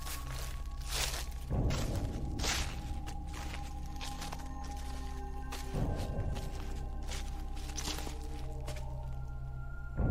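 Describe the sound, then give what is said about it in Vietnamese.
Irregular clattering footsteps outside sound as a series of sharp knocks and scuffs, with a couple of heavier thudding bursts, over a constant low hum and no talking. “Trâm lại nghe có tiếng bước chân lộp cộp ở bên ngoài vọng vào”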